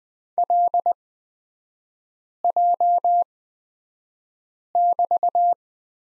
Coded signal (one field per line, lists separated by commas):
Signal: Morse code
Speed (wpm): 20 wpm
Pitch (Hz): 700 Hz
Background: none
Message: LJ<BT>